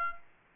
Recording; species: mosquito wingbeat signal from an infrared sensor; Aedes aegypti